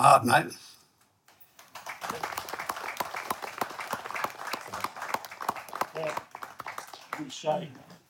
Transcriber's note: applause